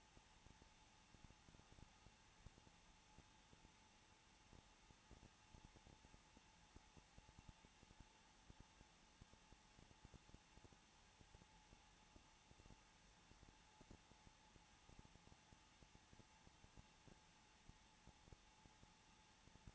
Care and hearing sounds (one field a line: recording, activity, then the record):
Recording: daily activity, microphone in the room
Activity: no activity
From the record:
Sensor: 1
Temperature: 20.2 degrees Celsius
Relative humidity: 35.7%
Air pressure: 994.5 hPa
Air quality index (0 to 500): 182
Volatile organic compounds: 7 ppm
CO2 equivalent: 1999 ppm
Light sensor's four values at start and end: 1/2/1/1 and 1/2/1/1